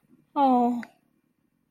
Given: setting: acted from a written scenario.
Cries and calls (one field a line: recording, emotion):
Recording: vocal sound without words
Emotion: relief